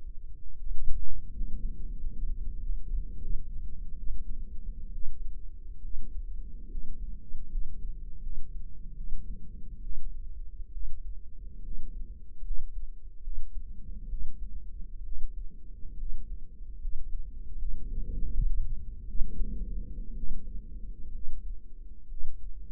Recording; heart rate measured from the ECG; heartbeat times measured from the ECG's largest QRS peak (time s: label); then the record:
heart sounds by microphone in the right ear; 73 bpm
0.59 s: heartbeat
1.34 s: heartbeat
1.99 s: heartbeat
2.62 s: heartbeat
3.23 s: heartbeat
3.99 s: heartbeat
4.94 s: heartbeat
5.83 s: heartbeat
6.71 s: heartbeat
7.51 s: heartbeat
8.22 s: heartbeat
8.96 s: heartbeat
9.83 s: heartbeat
10.73 s: heartbeat
11.64 s: heartbeat
12.44 s: heartbeat
13.23 s: heartbeat
14.10 s: heartbeat
15.04 s: heartbeat
15.98 s: heartbeat
16.80 s: heartbeat
17.58 s: heartbeat
18.32 s: heartbeat
19.07 s: heartbeat
20.16 s: heartbeat
21.13 s: heartbeat
22.09 s: heartbeat
From the record:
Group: healthy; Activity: rest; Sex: male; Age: 23 years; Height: 179 cm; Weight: 87 kg